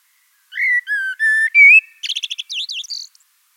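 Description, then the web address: Common blackbird song: four mellow fluted whistles, each a little different, followed by a rapid squeaky twittering trill at the end. Blackbird song in Wiesloch, Germany. "Wiesloch Amsel Gesang"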